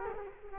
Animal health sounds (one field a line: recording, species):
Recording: mosquito wingbeat signal from an infrared sensor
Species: Culex quinquefasciatus